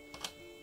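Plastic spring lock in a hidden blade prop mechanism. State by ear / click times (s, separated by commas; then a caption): seated / 0.2 s. The 3D-printed plastic spring lock of a hidden blade prop mechanism is released after the blade is pushed all the way back. A softer tap at 0.1 s is followed by a sharp snap at 0.3 s as the lock seats into place. Steady tonal hum runs underneath throughout.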